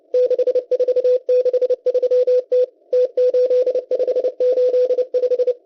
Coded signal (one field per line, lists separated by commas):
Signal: Morse code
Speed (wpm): 29 wpm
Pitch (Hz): 500 Hz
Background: none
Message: 6463T T8585